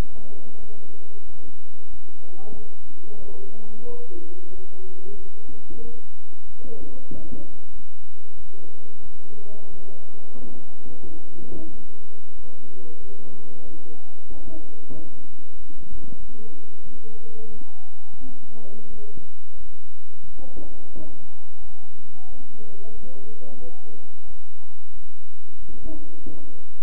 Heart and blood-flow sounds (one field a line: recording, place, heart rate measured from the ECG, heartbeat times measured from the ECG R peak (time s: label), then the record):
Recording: heart sounds by stethoscope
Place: between the tricuspid and mitral areas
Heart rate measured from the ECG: 91 bpm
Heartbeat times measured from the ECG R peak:
0.60 s: heartbeat
1.26 s: heartbeat
1.90 s: heartbeat
2.54 s: heartbeat
3.19 s: heartbeat
3.86 s: heartbeat
4.52 s: heartbeat
5.16 s: heartbeat
5.82 s: heartbeat
6.46 s: heartbeat
7.10 s: heartbeat
7.73 s: heartbeat
8.36 s: heartbeat
9.02 s: heartbeat
9.70 s: heartbeat
10.39 s: heartbeat
11.06 s: heartbeat
11.72 s: heartbeat
12.36 s: heartbeat
13.01 s: heartbeat
13.65 s: heartbeat
14.29 s: heartbeat
14.93 s: heartbeat
15.56 s: heartbeat
16.19 s: heartbeat
16.83 s: heartbeat
17.51 s: heartbeat
18.20 s: heartbeat
18.90 s: heartbeat
19.57 s: heartbeat
20.24 s: heartbeat
20.93 s: heartbeat
21.61 s: heartbeat
22.29 s: heartbeat
22.94 s: heartbeat
23.60 s: heartbeat
24.27 s: heartbeat
24.93 s: heartbeat
25.59 s: heartbeat
26.23 s: heartbeat
From the record:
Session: bicycle stress test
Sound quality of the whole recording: good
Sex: male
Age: 23 years